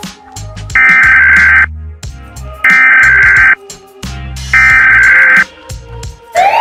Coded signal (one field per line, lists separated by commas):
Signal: Emergency Alert System (SAME) tones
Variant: header bursts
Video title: UNITED ARAB EMIRATES EAS ALARM 🇦🇪